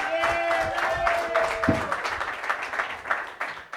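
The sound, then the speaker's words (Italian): An audience at the Brutte Persone Comedy Night applauds with dense, steady clapping for about four seconds. A sustained tonal cry rises above it early on before the clapping continues alone, loud and fairly even. “Facciamo un applauso tutti insieme, facciamo un applauso.”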